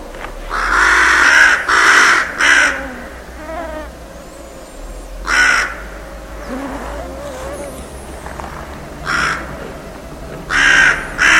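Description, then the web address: Bird calling in harsh, raspy caws in irregular bursts throughout, with faint thin chirps between them. "cianscape. Deverinetal 2025. Bird Only"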